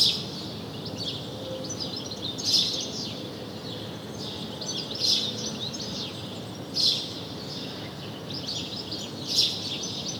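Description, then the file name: House sparrow chirps, single loud notes every two to three seconds, with softer twittering between them. "Passer domesticus"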